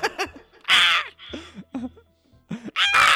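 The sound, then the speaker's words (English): Harsh, raspy crow caws ring out several times at a beach in an uneven sequence, each a loud, grating burst separated by short pauses, with no talking. “That's a crow.”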